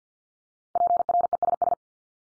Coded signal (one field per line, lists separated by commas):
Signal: Morse code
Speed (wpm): 50 wpm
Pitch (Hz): 700 Hz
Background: none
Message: PRESS